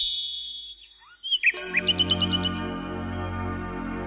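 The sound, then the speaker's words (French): A nightingale sings a few high, sliding whistles, then a quick run of about six bright, evenly spaced chirps, over a steady low droning hum that continues after the song stops. “Il quitta alors sa branche, vint se poser sur le doigt de l'empereur et se remit à chanter.”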